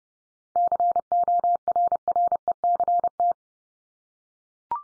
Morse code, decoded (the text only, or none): CORRECT